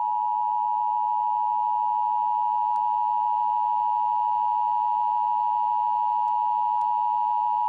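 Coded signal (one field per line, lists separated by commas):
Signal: Emergency Alert System (SAME) tones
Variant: 853 and 960 Hz attention tone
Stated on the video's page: Fictional EAS scenario; the tones are not from a real alert.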